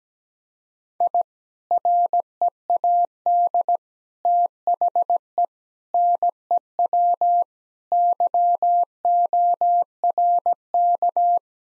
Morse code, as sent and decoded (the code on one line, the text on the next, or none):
.. / .-. . .- -.. / - .... . / -. . .-- / -.-- --- .-. -.-
I READ THE NEW YORK